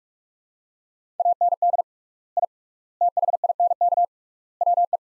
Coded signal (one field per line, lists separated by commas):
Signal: Morse code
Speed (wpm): 42 wpm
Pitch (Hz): 700 Hz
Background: none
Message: AND I THINK WE